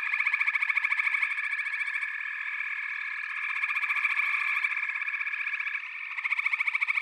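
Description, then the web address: Frog chorus of dense, overlapping rattling trills, continuous throughout, with a fast pulsed voice rising above the mass at the start and again near the end. "The Natural Sounds of the Wilderness 10 CDs collection Echoes of Nature - Frog Chorus"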